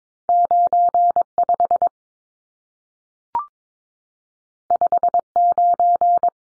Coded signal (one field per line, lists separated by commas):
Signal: Morse code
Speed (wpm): 22 wpm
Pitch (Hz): 700 Hz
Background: none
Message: 95 59